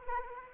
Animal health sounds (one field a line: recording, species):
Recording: mosquito wingbeat signal from an infrared sensor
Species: Anopheles arabiensis